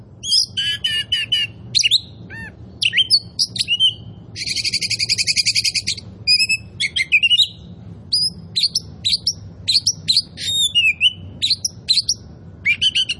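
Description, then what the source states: Oriental magpie-robin singing a busy medley of whistles and chirps, including a long buzzy rattling trill near the middle, over faint low hum. Indonesian name kacer poci; described as gacor, singing actively and constantly.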